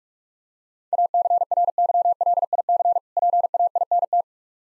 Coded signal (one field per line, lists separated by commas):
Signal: Morse code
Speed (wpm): 46 wpm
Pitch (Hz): 700 Hz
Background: none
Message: ACRYLIC PAINT